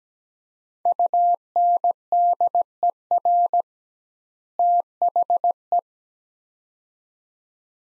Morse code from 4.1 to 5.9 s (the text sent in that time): THE